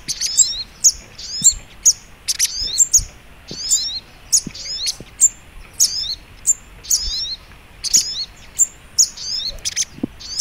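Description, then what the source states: Little Spiderhunter giving rapid, piercing high chirps and brief twittering squeaks in closely spaced bursts, with faint low knocks in the background. Masteran training recording, labelled Labaik.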